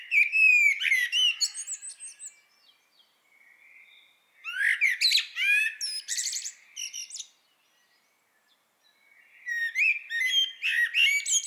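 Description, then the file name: Common blackbird singing fluty warbled phrases followed by high scratchy twitters, in three bursts separated by quiet gaps. "Turdus merula"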